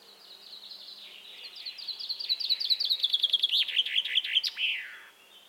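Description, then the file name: Common chaffinch singing a descending series of sharp notes that builds in loudness and closes with a rising-then-falling terminal flourish. "Fringilla coelebs"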